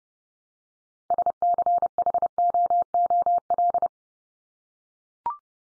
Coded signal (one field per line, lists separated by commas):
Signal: Morse code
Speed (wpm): 30 wpm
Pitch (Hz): 700 Hz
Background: none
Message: SCHOOL